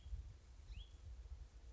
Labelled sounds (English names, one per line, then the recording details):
Hutton's Vireo
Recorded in Sonoma County, California